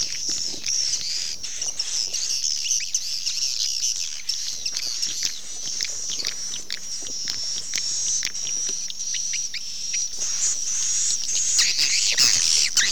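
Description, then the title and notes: Swiftlet chorus of high thin twittering chirps with occasional clicks, swelling louder near the end over a low background hum. Swiftlet sound used in swiftlet bird farming in Asia. "Swiflet Bird Sound. Farming Swiflet Bird asia sound"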